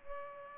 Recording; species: mosquito wingbeat signal from an infrared sensor; Culex pipiens